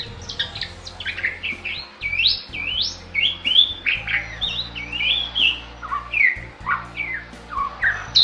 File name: Bali myna